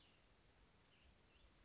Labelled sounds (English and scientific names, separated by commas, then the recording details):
Cassin's Vireo (Vireo cassinii)
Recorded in Sonoma County, California